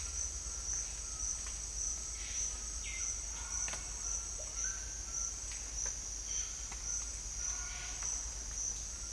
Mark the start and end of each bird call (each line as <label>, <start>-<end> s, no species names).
bird call, 2.77-3.10 s
bird call, 4.00-5.39 s